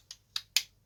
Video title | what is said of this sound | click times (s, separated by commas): Tamiya 1:48 Citroen Traction 11CV Staff Car Build Update Part 2 #tamiya #citroen #traction | That's a nice click fit you can hear there. | 0.6 s